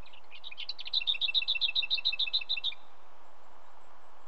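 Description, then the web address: Lesser whitethroat song with a quick scratchy warble leading into a dry, even rattle of many rapid notes on one pitch over steady background hiss. "BBC Sound Effects Library. Lesser Whitethroat"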